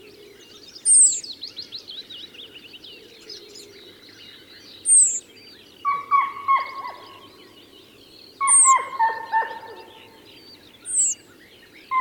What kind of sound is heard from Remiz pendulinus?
call